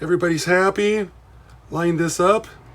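Someone talks in a small, quiet space while a lubricated, greased drive-line part of an Atlas HO gauge GP7 model locomotive is being lined up on the frame. The clip is all speech with a short pause and no handling sounds. Nothing has snapped on or seated yet.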